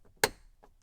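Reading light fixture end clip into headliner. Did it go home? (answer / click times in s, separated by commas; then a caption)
yes / 0.2 s. On a Fisker Ocean, the end clip of a rear reading light fixture is pressed into the headliner. It gives one sharp snap at 0.2 seconds, followed by a much fainter tick near 0.6 seconds, with no speech. The end clip is seated in the headliner.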